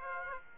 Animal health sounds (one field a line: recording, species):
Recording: mosquito wingbeat signal from an infrared sensor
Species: Aedes aegypti